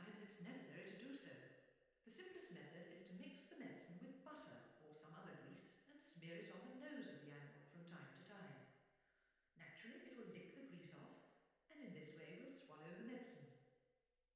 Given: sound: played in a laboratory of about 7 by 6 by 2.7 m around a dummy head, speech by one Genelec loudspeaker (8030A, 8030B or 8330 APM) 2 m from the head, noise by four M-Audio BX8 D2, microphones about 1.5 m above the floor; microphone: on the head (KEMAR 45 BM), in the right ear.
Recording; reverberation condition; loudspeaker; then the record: female speech in English; high; behind (180 degrees)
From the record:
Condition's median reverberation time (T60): about 1300 ms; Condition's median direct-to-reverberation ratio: about -4.0 dB